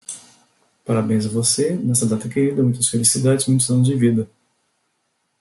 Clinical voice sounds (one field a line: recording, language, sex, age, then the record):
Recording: short text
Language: Brazilian Portuguese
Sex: male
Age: 40 to 49 years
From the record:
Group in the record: control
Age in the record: 46 years